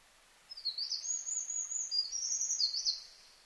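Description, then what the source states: Eurasian wren song: a loud, fast, high tumbling stream of trills and twittering notes for about two and a half seconds, otherwise quiet background. Recorded 4 March 2007.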